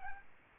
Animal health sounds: mosquito wingbeat signal from an infrared sensor; Aedes albopictus

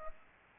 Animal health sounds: mosquito wingbeat signal from an infrared sensor; Aedes aegypti

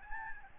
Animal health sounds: mosquito wingbeat signal from an infrared sensor; Aedes albopictus

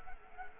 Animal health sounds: mosquito wingbeat signal from an infrared sensor; Culex quinquefasciatus

